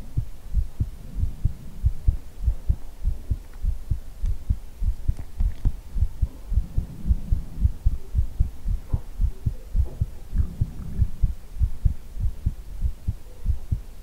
ASMR hugging your head - heartbeat with ear blowing.